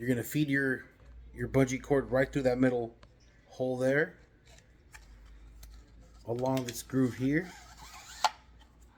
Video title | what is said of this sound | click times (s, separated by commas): YAKATTACK Blackpak PRO Unboxing and Assembly(Full in depth video) | all the way till it clicks you come down this way like so | 8.2 s